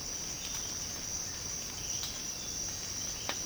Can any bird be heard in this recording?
no